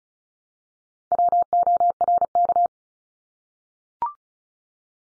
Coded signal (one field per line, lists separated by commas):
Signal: Morse code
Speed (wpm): 36 wpm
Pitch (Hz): 700 Hz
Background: none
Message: WORK